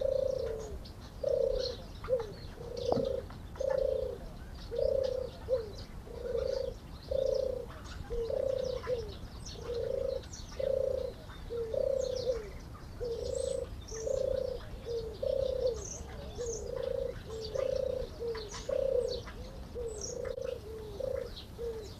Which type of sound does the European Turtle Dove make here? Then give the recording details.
call. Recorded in captivity. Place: Zoo Hannover, Niedersachsen, DE. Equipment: Halbspur, 9,5 cm/s. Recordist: Lütgens, Hans